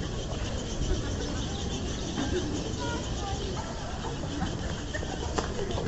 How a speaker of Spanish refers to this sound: Como pueden oír, parecen bebés. Bueno, desde aquí yo no puedo ver, pero parecen bebés pájaros en la palmera.